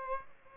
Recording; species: mosquito wingbeat signal from an infrared sensor; Aedes aegypti